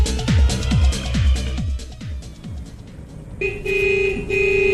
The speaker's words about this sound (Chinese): 哎呀，真讨厌， 噪音噪音， 哎，真的讨厌。 我真伤心。 为了城市的环境和大家的健康，请您不要随意按喇叭。